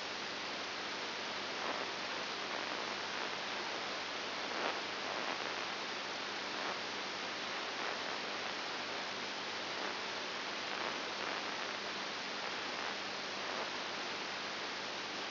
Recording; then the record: brain microelectrode recording played as sound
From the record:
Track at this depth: inside the subthalamic nucleus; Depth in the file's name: 5.901 mm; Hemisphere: left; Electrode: 2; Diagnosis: Parkinson's disease